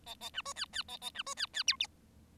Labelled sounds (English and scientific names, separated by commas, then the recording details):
Bengalese Finch (Lonchura striata domestica) song
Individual Bird7